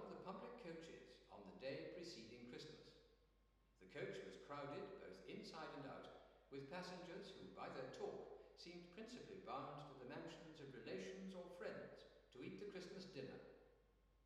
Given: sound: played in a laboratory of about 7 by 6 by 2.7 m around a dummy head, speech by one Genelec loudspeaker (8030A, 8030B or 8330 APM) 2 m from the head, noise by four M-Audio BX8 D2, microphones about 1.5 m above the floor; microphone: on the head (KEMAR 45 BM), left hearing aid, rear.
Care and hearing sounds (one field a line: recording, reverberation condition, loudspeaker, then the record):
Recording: male speech in English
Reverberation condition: high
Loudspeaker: 120 degrees to the left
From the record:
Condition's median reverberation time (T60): about 1300 ms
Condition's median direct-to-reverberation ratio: about -4.0 dB